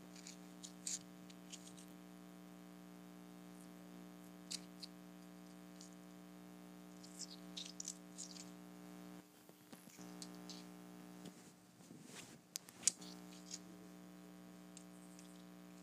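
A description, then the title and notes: Tiny rocks are tapped together in light, irregular clicks, sparse at first and then bunching up between about nine and thirteen seconds, where one sharp click stands out near the end. A steady low hum runs underneath the whole time. ASMR Tapping Tiny Rocks Together.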